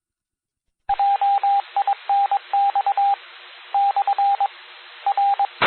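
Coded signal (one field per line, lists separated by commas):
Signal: Morse code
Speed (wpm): 22 wpm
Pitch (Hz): 800 Hz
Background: radio noise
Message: JINX/R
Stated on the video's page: Des Moines area amateur repeaters.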